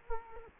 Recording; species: mosquito wingbeat signal from an infrared sensor; Culex quinquefasciatus